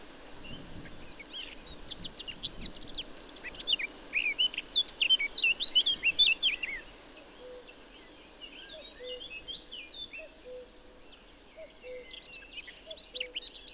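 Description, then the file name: Eurasian blackcap warbling song: a jumble of scratchy and whistled notes for about seven seconds, followed by softer twittering and a few low, steady tones in the background. "Sylvia atricapilla"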